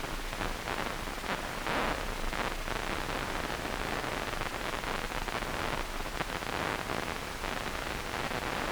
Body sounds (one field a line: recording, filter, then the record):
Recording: brain microelectrode recording played as sound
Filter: wide band, above 20 Hz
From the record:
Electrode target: subthalamic nucleus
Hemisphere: right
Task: reaching with the left hand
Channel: 2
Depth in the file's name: 1.506 mm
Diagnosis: Parkinson's disease